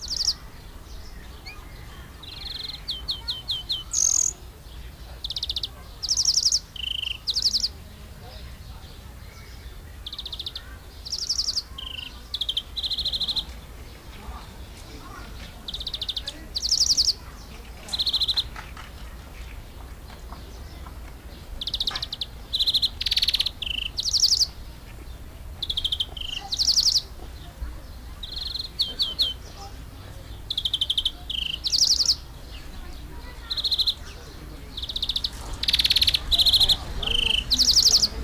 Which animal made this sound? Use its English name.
European Greenfinch